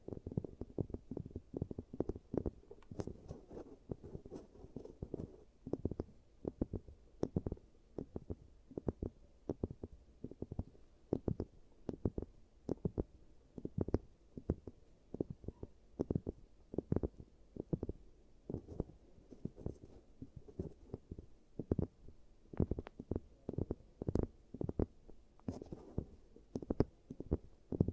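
ASMR teeth treatment sounds: a steady stream of quick, wet, squelchy taps and clicks runs for the whole clip, packed closely at an irregular pace. The sounds sit low and muffled, with occasional sharper clicks standing out and no speech.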